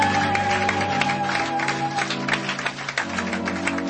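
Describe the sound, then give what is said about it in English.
An audience claps to the Lord during a church service in a dense, steady patter of many hands, with sustained musical tones and chords droning underneath and shifting pitch partway through. “Somebody let us clap to the Lord.”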